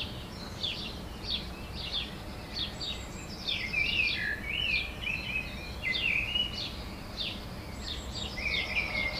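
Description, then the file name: Eurasian blackbird song: several warbled, whistled phrases in the middle and end, among high twittering over background noise. "Turdus merula"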